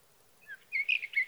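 Sage thrasher song, soft notes building into a brisk series of loud warbled phrases, each separated by tiny pauses.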